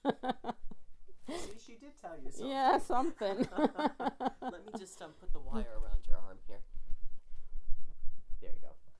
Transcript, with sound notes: So she did tell you some things.
Yeah, something. ( they laugh )
Let me just put the wire around your arm here. There you go.